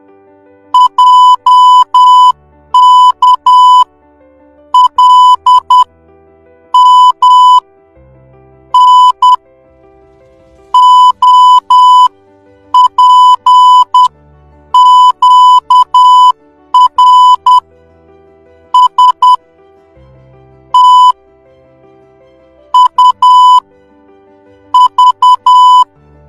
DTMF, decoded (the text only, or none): none